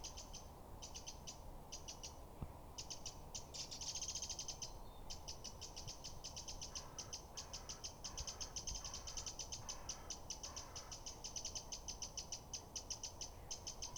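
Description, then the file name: Eurasian wren rattling churr of rapid dry clicks in bursts, with a brief thin high whistle midway. "Troglodytes troglodytes"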